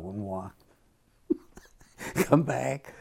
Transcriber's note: laughs